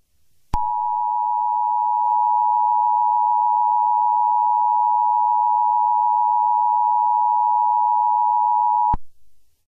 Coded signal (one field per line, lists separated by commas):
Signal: Emergency Alert System (SAME) tones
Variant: 853 and 960 Hz attention tone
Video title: EAS Scenario 10: Fall guys invasion